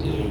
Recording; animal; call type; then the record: contact call of a hoofed animal; pig; closed-mouth grunt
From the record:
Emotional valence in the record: negative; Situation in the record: short social isolation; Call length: 0.31 s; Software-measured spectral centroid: 1730 Hz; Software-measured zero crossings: 1230 a second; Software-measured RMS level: -24 dBFS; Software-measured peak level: -13 dBFS